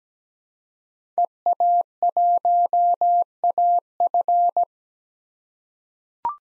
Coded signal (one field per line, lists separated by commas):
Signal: Morse code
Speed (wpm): 17 wpm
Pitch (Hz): 700 Hz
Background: none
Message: EA1AF